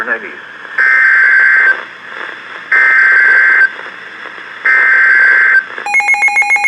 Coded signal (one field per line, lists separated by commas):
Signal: Emergency Alert System (SAME) tones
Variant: header bursts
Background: speech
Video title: Severe Thunderstorm Warning (EAS #1616)